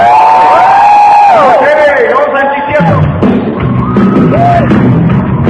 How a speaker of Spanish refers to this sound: Muy bien, date un fuerte aplauso, ya te lo aprendiste.